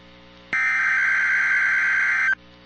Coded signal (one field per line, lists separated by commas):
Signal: Emergency Alert System (SAME) tones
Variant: header bursts